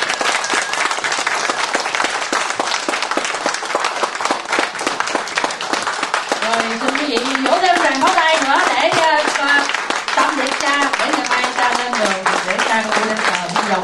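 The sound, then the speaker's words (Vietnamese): A long, steady burst of audience applause given to thank a priest at an evening gathering, dense and loud throughout, with a voice starting to speak over the clapping about halfway through. “Xin quý vị một tràng pháo tay để cảm ơn cha thiệt dài.”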